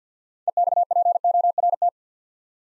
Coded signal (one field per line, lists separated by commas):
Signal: Morse code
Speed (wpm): 50 wpm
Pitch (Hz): 700 Hz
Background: none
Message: EXPORT